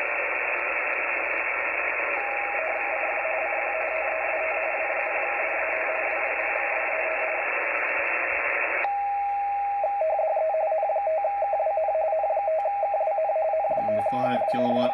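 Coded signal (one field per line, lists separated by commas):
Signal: RTTY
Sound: rapid warbling two-tone chatter over hiss, faint at first, then strong and steady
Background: radio static, brief speech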